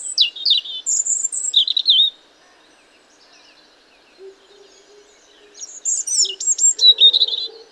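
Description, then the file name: European robin singing two high, thin, tinkling phrases of rapid varied notes, separated by a quiet pause. "Erithacus rubecula"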